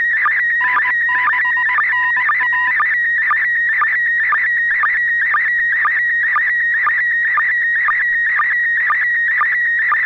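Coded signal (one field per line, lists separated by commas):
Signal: SSTV (slow-scan television)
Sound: steady warbling tone around 1.9 kHz, interrupted by short regular lower sync blips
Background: low mains hum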